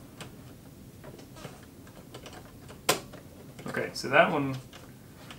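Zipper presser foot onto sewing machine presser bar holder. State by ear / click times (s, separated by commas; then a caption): seated / 2.9 s. A snap-on zipper presser foot is fitted onto a sewing machine's presser foot holder after earlier trouble getting it to seat. It gives a few faint taps and then one sharp snap at 2.9 s as the foot seats, and someone talks near the end.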